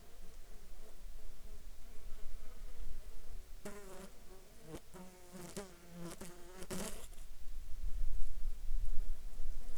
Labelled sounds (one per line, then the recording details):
insects
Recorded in Ivvavik National Park, Yukon, on 7 July 2019 at 12:57
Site SINP03